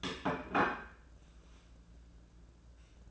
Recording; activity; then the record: daily activity, microphone in the room; place plate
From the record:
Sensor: 2